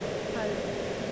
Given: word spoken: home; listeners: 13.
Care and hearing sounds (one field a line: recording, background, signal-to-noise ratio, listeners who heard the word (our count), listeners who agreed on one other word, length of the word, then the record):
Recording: one English word in noise, from a listening test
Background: speech-shaped noise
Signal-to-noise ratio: -6.7 dB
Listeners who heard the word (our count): 2 of 13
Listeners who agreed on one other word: 6 of 13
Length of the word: 0.72 s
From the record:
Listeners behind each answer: 6, 2, 1, 1, 1, 1, 1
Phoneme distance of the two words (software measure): 10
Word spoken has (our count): 1 syllable, 3 phonemes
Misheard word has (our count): 1 syllable, 3 phonemes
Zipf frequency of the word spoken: 5.86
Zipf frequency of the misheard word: 5.56